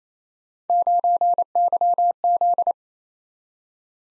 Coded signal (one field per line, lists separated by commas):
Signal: Morse code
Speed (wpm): 29 wpm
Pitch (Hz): 700 Hz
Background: none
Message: 9YZ